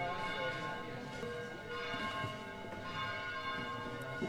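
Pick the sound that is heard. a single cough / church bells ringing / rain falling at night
church bells ringing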